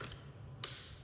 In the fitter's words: And it just snaps right in.